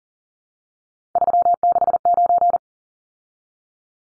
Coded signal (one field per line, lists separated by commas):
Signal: Morse code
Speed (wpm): 40 wpm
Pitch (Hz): 700 Hz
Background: none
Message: 369